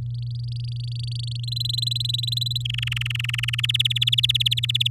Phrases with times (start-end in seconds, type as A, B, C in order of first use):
0.06-1.45 A, 1.47-2.62 B, 2.65-3.60 C, 3.63-4.88 D